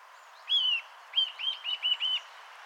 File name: Sitta europaea